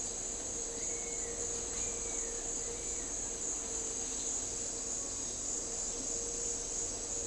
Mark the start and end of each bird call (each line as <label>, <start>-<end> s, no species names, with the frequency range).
bird call (1.1-2.7 kHz), 0.73-3.10 s